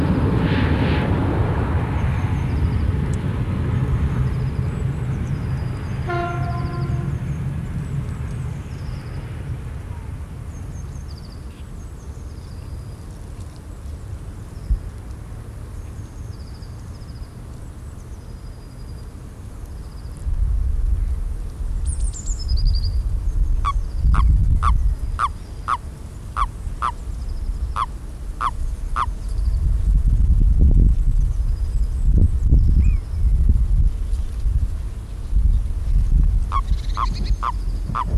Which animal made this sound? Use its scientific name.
Bufo bufo